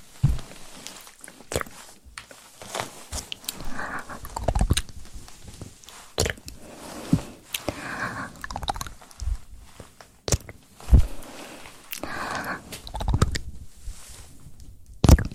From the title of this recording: mouth sounds + mic pumping, swirling, tapping, and gripping